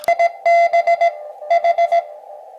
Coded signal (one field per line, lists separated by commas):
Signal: Morse code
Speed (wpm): 17 wpm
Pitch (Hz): 680 Hz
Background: none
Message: IB H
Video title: Spartan Sprint CW QRP Ham Radio Contest | Elecraft KX2 | Dipole Antenna